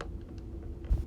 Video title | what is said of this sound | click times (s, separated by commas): Complete double pane glass replacement in a vinyl sash | and it doesn't take a ton of effort but it pops right in a little real easily | 0.0 s